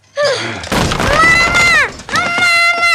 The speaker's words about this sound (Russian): Сашка скатывается с постели, ряд стульев рассыпается, стулья падают.